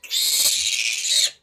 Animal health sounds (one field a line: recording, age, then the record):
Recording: pig call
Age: piglet (1 to 25 days)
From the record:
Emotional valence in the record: negative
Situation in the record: restrain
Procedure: back test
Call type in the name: high-frequency call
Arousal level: medium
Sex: male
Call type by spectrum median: high-frequency call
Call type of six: high-frequency stable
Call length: 1.42 s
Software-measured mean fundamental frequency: 226 Hz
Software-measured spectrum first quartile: 3846 Hz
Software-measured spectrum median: 5422 Hz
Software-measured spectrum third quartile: 7923 Hz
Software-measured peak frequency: 3795 Hz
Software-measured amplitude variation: 158 dB a second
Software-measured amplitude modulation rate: 20.0 a second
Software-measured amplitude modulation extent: 7.9 dB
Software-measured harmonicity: 1.2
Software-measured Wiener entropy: -2.02